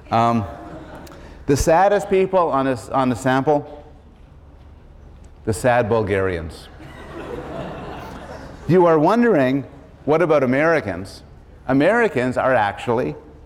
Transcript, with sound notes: The saddest people on this — on the sample? The sad Bulgarians. [laughter] You are wondering what about Americans. Americans are actually